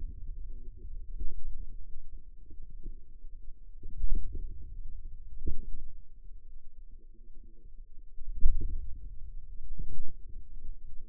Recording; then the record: forearm muscle sounds (acoustic myography)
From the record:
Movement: radial deviation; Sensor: system 2, bracelet of six BSWA MPA416 microphones around the upper forearm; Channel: 2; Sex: female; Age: 21 years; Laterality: right